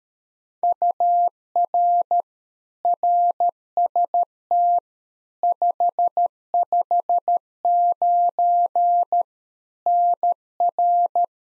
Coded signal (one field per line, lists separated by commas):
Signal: Morse code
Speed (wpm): 13 wpm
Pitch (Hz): 700 Hz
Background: none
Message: UR RST 559 NR